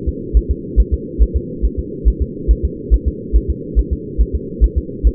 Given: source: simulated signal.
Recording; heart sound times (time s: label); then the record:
fetal heart sounds
0.09 s: S2
0.37 s: S1
0.51 s: S2
0.80 s: S1
0.94 s: S2
1.23 s: S1
1.37 s: S2
1.65 s: S1
1.79 s: S2
2.08 s: S1
2.22 s: S2
2.51 s: S1
2.65 s: S2
2.94 s: S1
3.08 s: S2
3.36 s: S1
3.50 s: S2
3.79 s: S1
3.93 s: S2
4.21 s: S1
4.35 s: S2
4.64 s: S1
4.78 s: S2
5.07 s: S1
From the record:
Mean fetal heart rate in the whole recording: 140 bpm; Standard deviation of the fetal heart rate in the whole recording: 2 bpm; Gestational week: 34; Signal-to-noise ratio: -4.1 dB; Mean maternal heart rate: no maternal heart sound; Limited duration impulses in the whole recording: absent